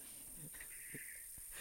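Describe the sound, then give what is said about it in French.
Someone imitates an excited dog panting: a few quick, breathy huffs and wheezy exhales in an uneven rhythm, soft and airy, with no words spoken. “Fais le chien excité.”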